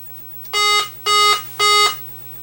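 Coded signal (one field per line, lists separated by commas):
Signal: beep code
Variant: Atari Centipede self-test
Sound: three short buzzy beeps, evenly spaced, over a low hum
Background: low mains hum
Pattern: 3 short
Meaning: Three beeps indicate a bad RAM chip at K7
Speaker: Three beeps. So, I need to go to the manual, see what three beeps means. And that's going to be a bad RAM. So, let's check with the manual. Okay. And three beeps is K7.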